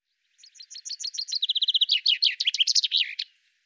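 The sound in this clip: Common chaffinch song: a series of sharp down-slurred notes speeds into a rapid even trill, then ends in a loud jumbled flourish, all high-pitched, about three seconds long.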